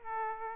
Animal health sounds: mosquito wingbeat signal from an infrared sensor; Aedes aegypti

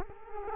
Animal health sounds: mosquito wingbeat signal from an infrared sensor; Culex quinquefasciatus

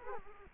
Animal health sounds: mosquito wingbeat signal from an infrared sensor; Culex quinquefasciatus

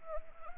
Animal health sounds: mosquito wingbeat signal from an infrared sensor; Anopheles arabiensis

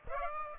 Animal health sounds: mosquito wingbeat signal from an infrared sensor; Aedes aegypti

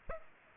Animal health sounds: mosquito wingbeat signal from an infrared sensor; Culex pipiens

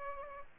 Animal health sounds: mosquito wingbeat signal from an infrared sensor; Aedes albopictus

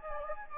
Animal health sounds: mosquito wingbeat signal from an infrared sensor; Anopheles gambiae

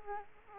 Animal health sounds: mosquito wingbeat signal from an infrared sensor; Aedes aegypti

